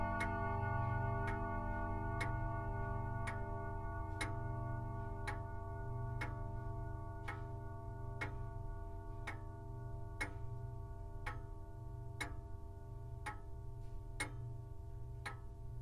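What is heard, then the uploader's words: Recorded from inside a longcase grandfather clock, its ticking comes in a steady, even beat of roughly one sharp tick per second. Beneath the ticks, a set of sustained ringing tones and a low rumble hold steady throughout, slowly fading. Longcase (Grandfather) Clock at Midnight. DPA 4060 stereo pair -> Sound Devices MixPre 3.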